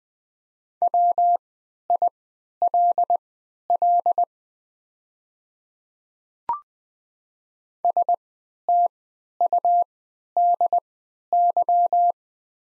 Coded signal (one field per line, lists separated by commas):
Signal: Morse code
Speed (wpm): 20 wpm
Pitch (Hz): 700 Hz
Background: none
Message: WILL STUDY